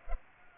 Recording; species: mosquito wingbeat signal from an infrared sensor; Culex pipiens